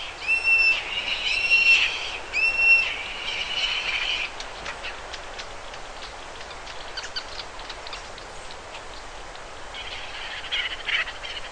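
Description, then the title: Bird song: clear whistled notes with bright overtones during the first four seconds, then fainter buzzy phrases near the end, over steady background hiss. "LuckyPassaro Completos2Sama"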